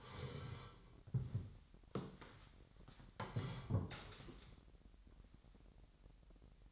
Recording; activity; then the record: daily activity, microphone in the room; sit down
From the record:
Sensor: 3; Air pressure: 998.5 hPa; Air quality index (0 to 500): 130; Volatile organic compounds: 4 ppm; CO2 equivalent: 1564 ppm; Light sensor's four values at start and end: 7/17/7/8 and 10/25/10/11